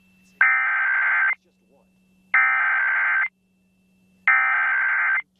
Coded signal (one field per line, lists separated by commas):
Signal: Emergency Alert System (SAME) tones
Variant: header bursts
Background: speech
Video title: Nintendo switch 5 EAS logo